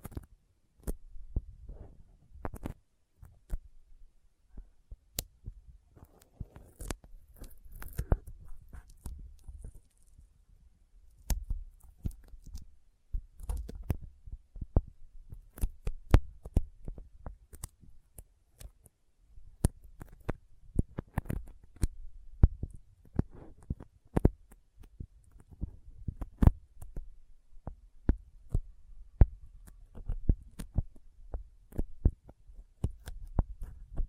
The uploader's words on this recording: ASMR Intense Sticky Finger Sounds (No Talking).